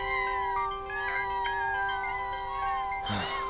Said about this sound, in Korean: 뭐야, 이 문 밖에 있는 고양이들은? 너 가족이 있었던 거냐?